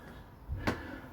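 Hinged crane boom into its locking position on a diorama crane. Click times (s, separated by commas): 0.7 s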